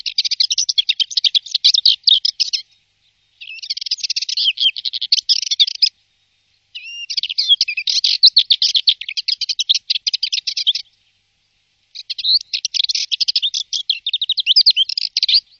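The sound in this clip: Bird giving fast, dry, high-pitched trills in four bursts of a few seconds each, separated by short silent gaps; no other sounds heard.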